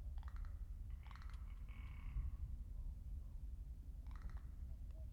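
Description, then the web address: Rock ptarmigan uttering short, rasping croaks in quick clusters, a drawn-out rattle in the middle, over steady low background noise. Recorded 13 April 2019 with a Lewitt LCT 540 S microphone. "2019 04 13 lewitt lct 540 s and rock ptarmigan"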